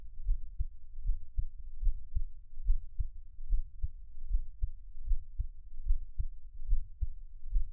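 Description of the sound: Steady, muffled low thumps at about 72 beats a minute: an adult's own heartbeat heard close up, Taiwanese ASMR style, with no talking.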